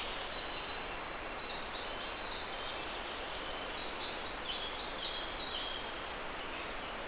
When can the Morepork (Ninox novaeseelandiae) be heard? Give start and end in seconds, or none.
none